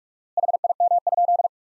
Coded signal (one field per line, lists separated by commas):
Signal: Morse code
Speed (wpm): 46 wpm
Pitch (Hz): 700 Hz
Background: none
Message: HIM?